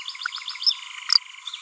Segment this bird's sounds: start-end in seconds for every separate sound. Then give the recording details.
0.62-0.73. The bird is a female. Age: 30 days. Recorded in a nest box in Venezuela. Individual 17B42B3